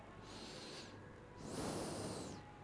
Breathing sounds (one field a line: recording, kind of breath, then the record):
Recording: one breath in and out by a microphone near the nose and mouth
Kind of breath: normal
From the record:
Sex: male